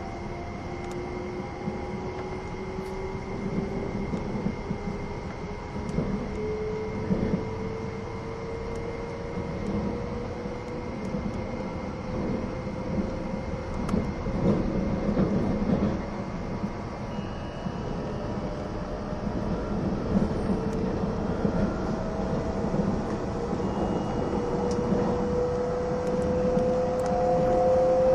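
An E261 series Saphir Odoriko No. 1 train runs with a steady, dense rumble and clatter throughout. A motor whine climbs slowly in pitch across the 28 seconds as the train gathers speed, and the overall sound grows gradually louder toward the end.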